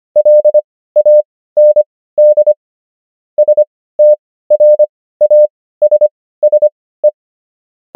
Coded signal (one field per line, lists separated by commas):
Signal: Morse code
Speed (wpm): 25 wpm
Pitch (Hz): 600 Hz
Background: none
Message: LAND STRASSE